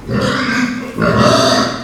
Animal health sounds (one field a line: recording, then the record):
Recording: squeal of a Yucatan mini pig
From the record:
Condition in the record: after surgery on the right vocal fold (resection and tissue-engineered implant)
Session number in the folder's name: 13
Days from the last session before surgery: 113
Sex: female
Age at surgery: 19 weeks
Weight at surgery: 25 kg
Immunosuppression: prednisolone